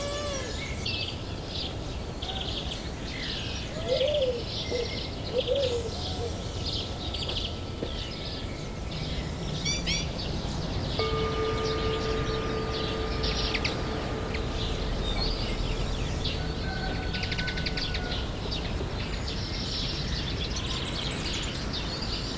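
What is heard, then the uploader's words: Birds chirp and twitter densely throughout over a steady outdoor hiss and a low rumble. Lower, rounder calls surface around four to six seconds. From about eleven to eighteen seconds, long held piano tones sit quietly beneath the birdsong. Relaxing Nature Sounds with Piano.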